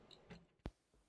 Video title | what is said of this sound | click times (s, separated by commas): Diy HD voice recording module #upgraded isd1820 #voice recognition devices | speaker को connect करने के लिए कुछ करना नहीं है क्लिप होती है डायरेक्ट आप ऐसे प्रेस करो तो ये डायरेक्ट लॉक हो जाएगा अब | 0.7 s